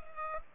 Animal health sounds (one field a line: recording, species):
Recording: mosquito wingbeat signal from an infrared sensor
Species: Culex pipiens